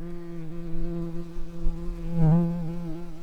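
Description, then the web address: Common carder bee buzzing: a steady, low droning hum with rich overtones, its pitch dipping briefly about two-thirds of the way through before levelling out again. Worker bees. "bumblebees sounds Pascuorum-workers"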